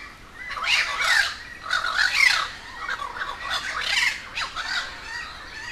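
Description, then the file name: Crows in a raucous group, grating squawks in uneven, overlapping bursts of varying loudness. A gathering of crows in Humboldt Park, Cuba. "Quiet American - aaron ximm-humbold park cuba-convocation of crows"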